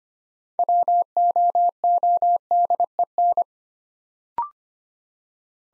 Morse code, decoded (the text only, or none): WOODEN